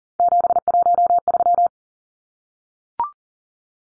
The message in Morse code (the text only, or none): 713